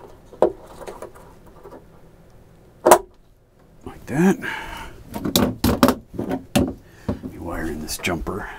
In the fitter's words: just snap into place like